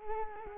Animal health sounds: mosquito wingbeat signal from an infrared sensor; Culex quinquefasciatus

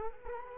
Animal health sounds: mosquito wingbeat signal from an infrared sensor; Culex quinquefasciatus

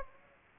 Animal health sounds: mosquito wingbeat signal from an infrared sensor; Aedes aegypti

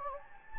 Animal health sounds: mosquito wingbeat signal from an infrared sensor; Anopheles gambiae

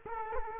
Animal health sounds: mosquito wingbeat signal from an infrared sensor; Culex quinquefasciatus

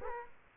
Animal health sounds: mosquito wingbeat signal from an infrared sensor; Aedes aegypti

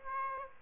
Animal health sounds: mosquito wingbeat signal from an infrared sensor; Aedes aegypti

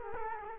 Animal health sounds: mosquito wingbeat signal from an infrared sensor; Culex quinquefasciatus

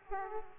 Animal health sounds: mosquito wingbeat signal from an infrared sensor; Aedes aegypti

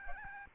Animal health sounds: mosquito wingbeat signal from an infrared sensor; Aedes albopictus

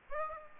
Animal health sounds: mosquito wingbeat signal from an infrared sensor; Aedes aegypti

